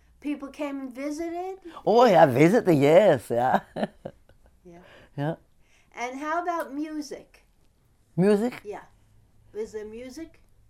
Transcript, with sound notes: No.
People came and visited?
Oh, yeah, visited, yes. (She laughs) Yeah.
And how about music?
Music?
Yeah. Was there music?